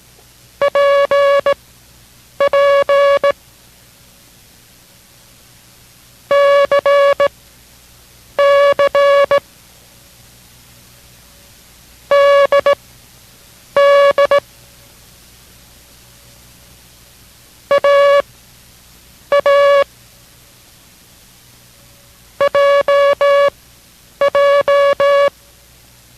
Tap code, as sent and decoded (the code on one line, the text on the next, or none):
none